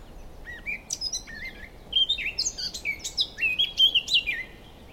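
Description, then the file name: Eurasian blackcap song: rapid, varied warbling phrases of slurred and jumping high notes. "Sylvia atricapilla"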